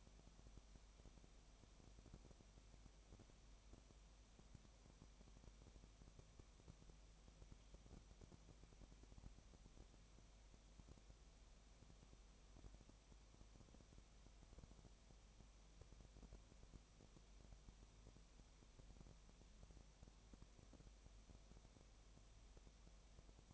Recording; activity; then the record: daily activity, microphone in the room; no activity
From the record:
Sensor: 1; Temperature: 19.7 degrees Celsius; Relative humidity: 37.1%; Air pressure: 1007.3 hPa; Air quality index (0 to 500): 144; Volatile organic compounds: 5 ppm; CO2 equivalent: 1763 ppm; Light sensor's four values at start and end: 1/2/1/1 and 1/2/1/1